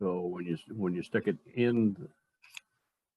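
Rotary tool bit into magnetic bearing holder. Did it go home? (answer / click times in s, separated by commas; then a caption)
yes / 2.6 s. Someone talks, then a Dremel-style rotary tool bit shank is pushed into a homemade texturing tool that uses bearings and magnets to hold the cutter. A brief rustle starts at 2.4 s, followed by a sharp, short click at 2.6 s as the shank locks into the magnetic bearing holder, confirmed seated.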